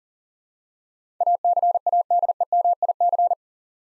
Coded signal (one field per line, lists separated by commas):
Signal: Morse code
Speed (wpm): 40 wpm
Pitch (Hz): 700 Hz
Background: none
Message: ACADEMIC